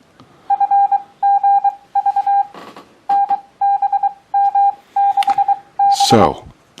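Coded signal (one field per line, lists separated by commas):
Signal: Morse code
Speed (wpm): 23 wpm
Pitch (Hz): 800 Hz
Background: speech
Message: FGV NBM6B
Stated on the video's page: Morse receiving practice for beginners, with practice apps and a homemade Morse oscillator.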